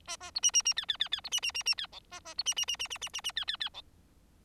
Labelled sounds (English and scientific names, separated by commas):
Bengalese Finch (Lonchura striata domestica) song